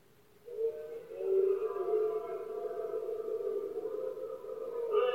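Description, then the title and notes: Red deer giving one long, steady, harmonic bellow that holds its pitch for nearly five seconds, with a slight rise at the very end. Male red deer roaring during the rut, known locally as the berrea or brama del ciervo, at night, Spain. "Paisaje sonoro: Berrea #04. La época de celo del ciervo se conoce comúnmente como “berrea del ciervo” o “brama del ciervo”. los poderosos bramidos de los ciervos machos"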